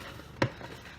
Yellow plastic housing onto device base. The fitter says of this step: will click in like that